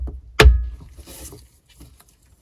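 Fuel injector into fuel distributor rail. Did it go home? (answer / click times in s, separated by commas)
yes / 0.4 s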